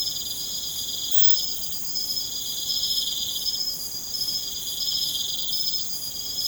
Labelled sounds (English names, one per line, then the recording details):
none
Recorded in pastures near Puerto Asís, Putumayo, Colombia, on 30 June 2025 at 02:30
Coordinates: 0.472, -76.331
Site G095